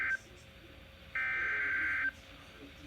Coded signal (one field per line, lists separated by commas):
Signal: Emergency Alert System (SAME) tones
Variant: header bursts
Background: speech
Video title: Sterling’s Randomness, Cinco de Mayo Edition(EAS 767-769)